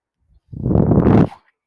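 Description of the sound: A single low, buzzing rumble lasts under a second, rising quickly, holding steady, then fading. It is the mechanical noise of a home ventilator delivering a breath.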